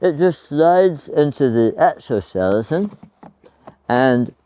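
Someone talks while a 300 W portable power station is slid into a backpack's rigid internal skeleton frame, with a couple of faint brief sounds near 3.3 s and 3.7 s between the words. The clip ends before the power station snaps into place; nothing has seated or clicked yet.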